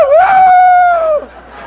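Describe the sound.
A man's voice imitates a rooster crowing, one loud, strained call that rises quickly, holds a long wavering note, then breaks off abruptly, leaving a faint murmur.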